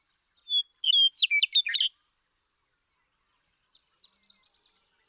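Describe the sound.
Western meadowlark song: an opening whistle, then a rapid run of rich, gurgling, flute-like notes lasting about a second, followed by a few faint notes after a pause.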